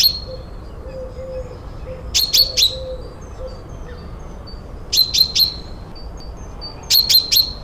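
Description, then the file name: Common chaffinch giving bright, clipped call notes grouped in threes, each burst roughly two to three seconds apart, over soft high whistles and a quiet low droning tone. "Fringilla coelebs"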